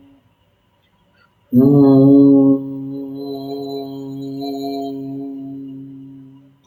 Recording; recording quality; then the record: sustained vowel as in boot; excellent, no background noise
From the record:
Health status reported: healthy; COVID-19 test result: negative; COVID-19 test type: RT-PCR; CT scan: not taken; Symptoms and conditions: none ticked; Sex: male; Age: 22 years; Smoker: no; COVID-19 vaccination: one dose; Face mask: not worn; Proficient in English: yes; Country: India